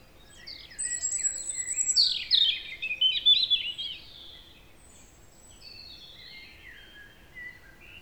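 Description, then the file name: European robin song: a long, varied high phrase of sliding whistles and rapid trills, becoming softer with scattered thin notes toward the end. "Erithacus rubecula"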